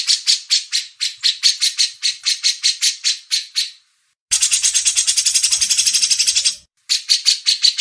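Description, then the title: Grey-cheeked bulbul chatter: a long string of rapid, scratchy pulses, then a denser, faster rattling burst, a pause, and more pulses. Masteran training audio. "MASTERAN CUCAK JENGGOT"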